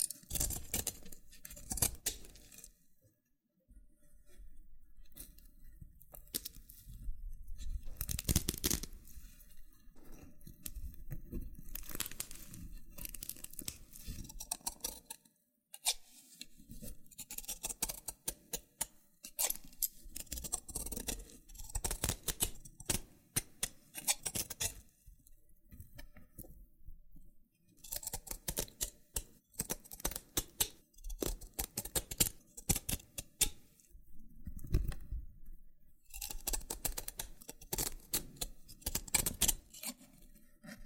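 Loofah triggers: dense, crackling scratches and peeling sounds with sharp pops and clicks scattered throughout. The rustling comes in uneven bursts that swell and fade, with brief silences near 4 and 15 seconds, and a soft low rumble underneath.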